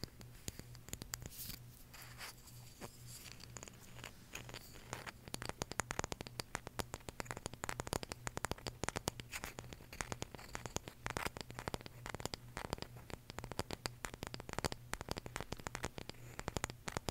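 Dense, fast tapping clicks fill the recording, sparse and softer in the first few seconds, then thickening into a rapid, irregular clatter with crackly, scratchy edges. A low steady hum runs underneath throughout, and a faint hiss sits in the treble.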